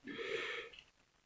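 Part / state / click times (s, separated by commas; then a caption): leg extension piece into a transforming robot figure's leg / not seated / none. A plastic leg extension piece is being slid outward on a transforming, combining robot figure's leg, with a breathy, rasping rustle for the first 0.7 seconds. A short faint tick follows at 0.8 seconds, then near silence. Nothing has seated or clicked yet; the piece is not yet locked into place.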